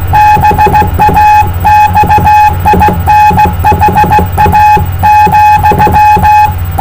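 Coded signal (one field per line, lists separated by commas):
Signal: Morse code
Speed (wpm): 16 wpm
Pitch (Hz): 840 Hz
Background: none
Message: BAXINHA ,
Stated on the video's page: CW contact on the 10 m band.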